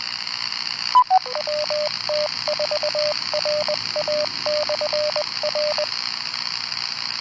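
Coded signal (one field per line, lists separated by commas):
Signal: Morse code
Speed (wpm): 20 wpm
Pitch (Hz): 600 Hz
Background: radio noise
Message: WT4RA/R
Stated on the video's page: Morse ident of a 147.195 MHz repeater.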